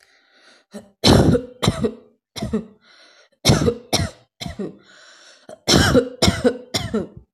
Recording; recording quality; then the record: heavy voluntary cough; excellent, no background noise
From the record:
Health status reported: healthy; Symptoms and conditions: none ticked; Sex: female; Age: 28 years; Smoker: not ticked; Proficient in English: yes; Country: India